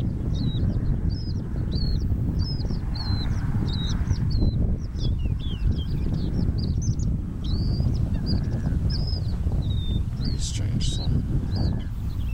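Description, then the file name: Asian short-toed lark song: a rapid string of short, sharp chirps and twittering notes, many repeated quickly, over a heavy continuous low rumble. "Calandrella cheleensis backgr Bufo raddei"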